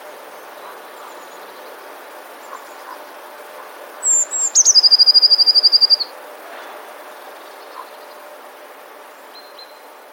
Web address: wroblowe teka modraszkoteka